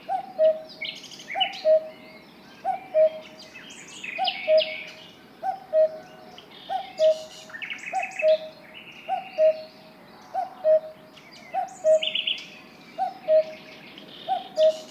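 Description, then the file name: Cuckoo's repeated cu-coo, second note dropping, steady at about one phrase every 1.3 seconds, with a lively chorus of other birds. "minutes of cuckoos"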